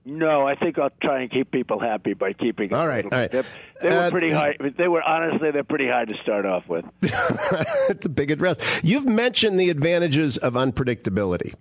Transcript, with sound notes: No, I think I’ll try and keep people happy by keeping it. They were pretty high. Honestly, they’re pretty high to start off with.
(laughing) It’s a big address. You’ve mentioned the advantages of unpredictability.
Right.